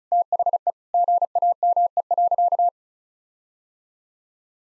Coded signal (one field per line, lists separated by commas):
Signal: Morse code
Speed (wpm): 36 wpm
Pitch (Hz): 700 Hz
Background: none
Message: THE GAME.